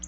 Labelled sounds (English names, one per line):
Black-throated Blue Warbler flight call